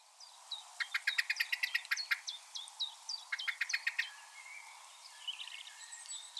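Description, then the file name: Common blackbird calling in two rapid runs of hard, metallic chink notes, the second shorter, with other birds' thin high chirps and whistled notes around them. "Turdus merula"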